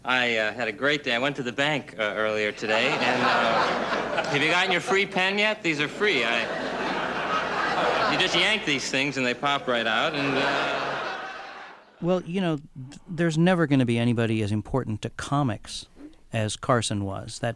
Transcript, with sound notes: I had a great day. I went to the bank earlier today, and...
(LAUGHTER)
Have you gotten your free pen yet? These are free. I...
(LAUGHTER)
You just yank these things and they pop right out and...
(LAUGHTER)
Well, you know, there's never going to be anybody as important to comics as Carson was.